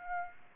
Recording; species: mosquito wingbeat signal from an infrared sensor; Aedes aegypti